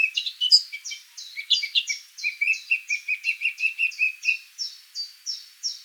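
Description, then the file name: Eurasian blackcap: a steady train of high chipping notes, several per second, with a lower warbled run underneath in the first part. "Sylvia atricapilla"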